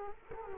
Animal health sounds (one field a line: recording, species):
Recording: mosquito wingbeat signal from an infrared sensor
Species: Culex quinquefasciatus